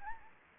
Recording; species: mosquito wingbeat signal from an infrared sensor; Anopheles arabiensis